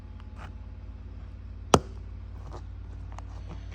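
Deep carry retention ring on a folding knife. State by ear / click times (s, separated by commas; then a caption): seated / 1.7 s. Someone pulls the two arms of a patent-pending deep carry retention ring toward themselves on a Spyderco Delica 4 folding knife, torquing them until they pop into place. One sharp, loud click lands at 1.7 s over a steady low hum, with a few faint ticks before and after. The ring ends up seated and snug on the knife.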